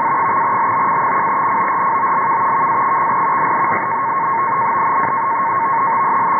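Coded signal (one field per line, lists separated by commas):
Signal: NAVTEX (SITOR-B)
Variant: 100 baud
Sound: fast warbling two-tone chirp around 1 kHz under steady hiss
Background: radio static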